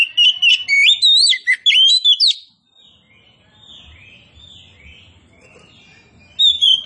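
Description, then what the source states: Oriental magpie-robin song: a loud burst of varied whistled and warbled notes lasting about two seconds, a quiet pause, then another phrase starting near the end. Kacer poci type, described as singing vigorously (gacor).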